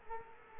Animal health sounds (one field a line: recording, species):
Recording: mosquito wingbeat signal from an infrared sensor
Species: Culex quinquefasciatus